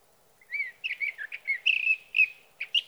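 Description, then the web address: Sage thrasher song, a fast run of varied warbled and slurred notes, some rising and falling, with brief gaps, over quiet background. "birdsongforthecurious Sage Thrasher"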